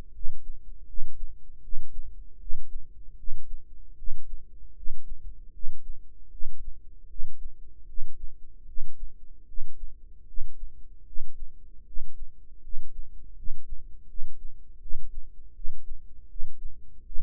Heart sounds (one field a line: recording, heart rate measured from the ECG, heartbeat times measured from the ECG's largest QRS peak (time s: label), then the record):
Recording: heart sounds by microphone in the right ear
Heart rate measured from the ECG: 78 bpm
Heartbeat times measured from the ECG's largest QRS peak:
0.12 s: heartbeat
0.86 s: heartbeat
1.61 s: heartbeat
2.38 s: heartbeat
3.15 s: heartbeat
3.95 s: heartbeat
4.73 s: heartbeat
5.51 s: heartbeat
6.29 s: heartbeat
7.07 s: heartbeat
7.85 s: heartbeat
8.64 s: heartbeat
9.45 s: heartbeat
10.24 s: heartbeat
11.03 s: heartbeat
11.83 s: heartbeat
12.60 s: heartbeat
13.34 s: heartbeat
14.06 s: heartbeat
14.79 s: heartbeat
15.53 s: heartbeat
16.27 s: heartbeat
17.03 s: heartbeat
From the record:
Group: healthy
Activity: cold pressor test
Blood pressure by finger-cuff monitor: 123/73 mmHg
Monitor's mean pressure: 87 mmHg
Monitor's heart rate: 78 bpm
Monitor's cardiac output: 7.4 L/min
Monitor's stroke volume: 94 mL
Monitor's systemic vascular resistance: 860 dyn s/cm5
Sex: male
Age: 35 years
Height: 180 cm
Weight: 86.9 kg